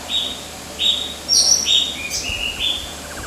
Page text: Sound of White-throated Fantail at HQ, Kinabalu Park by NELSON, Mike